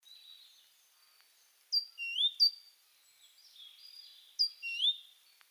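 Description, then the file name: Great tit with a high thin downslurred note and a lower rising note, grouped into short phrases repeated a few times, with a quiet background. "Parus major"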